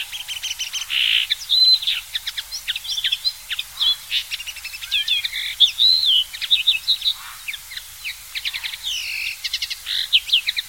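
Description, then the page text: Common linnet song, a continuous varied twitter of rapid chirps, short trills and clear whistled notes, running almost unbroken throughout. "Common Linnet SongTornirisk Коноплянка Linotte. knut the bird nerd"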